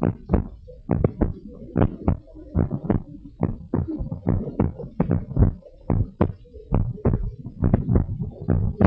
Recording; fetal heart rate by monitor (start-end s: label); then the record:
heart sounds of a pregnant woman by stethoscope
no fetal heartbeat
From the record:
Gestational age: 39 weeks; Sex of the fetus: girl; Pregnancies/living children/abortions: 2/1/0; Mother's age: 36 years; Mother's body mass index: 25.6